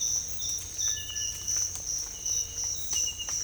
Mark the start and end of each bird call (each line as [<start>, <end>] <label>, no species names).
[0.78, 1.26] bird call